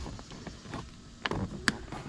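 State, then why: Seated. A plastic trim piece is pressed onto a power seat being installed in an NNBS Silverado or Sierra truck, with light handling taps and rustling, a couple of sharp clicks around 1.3 s, and a loud sharp snap at 1.7 s. The trim piece snaps fully into place at 1.7 s.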